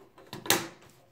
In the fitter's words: it clicks in place on